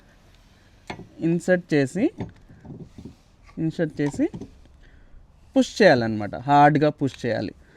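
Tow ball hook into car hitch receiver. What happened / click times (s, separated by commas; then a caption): The hitch is being handled and pushed, but has not locked in yet / none. A metal tow ball hook for a Tesla is handled at the car's hitch receiver while someone talks, ready to be pushed hard in. Only faint handling sounds are heard between the talking, and nothing has seated or clicked yet.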